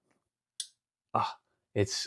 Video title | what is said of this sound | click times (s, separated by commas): TNFNU 90 A New Outlook | blade nice click | 0.6 s